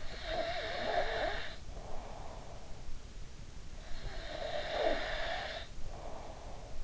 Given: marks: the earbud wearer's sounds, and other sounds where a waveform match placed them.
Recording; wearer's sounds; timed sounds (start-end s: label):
sounds in sleep by an in-ear microphone; breath
0.12-2.87 s: breath
4.03-6.84 s: breath